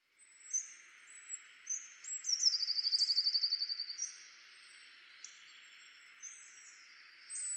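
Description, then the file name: Eurasian blue tit song, high lead-in notes and a brief rapid trill, partly masked by other high-pitched bird calls and steady background noise. "Cyanistes caeruleus"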